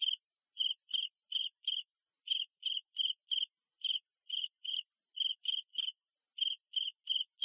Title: suara Hujan Guntur Suara Jangkrik Dan Burung